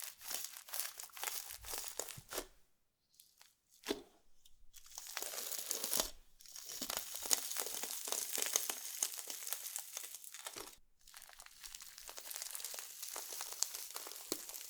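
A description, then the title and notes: Bright crinkling and sticky squelching slime sounds come in dense bursts, with brief silent gaps near three, four, six and eleven seconds. NO TALKING Satisfying Slime Triggers.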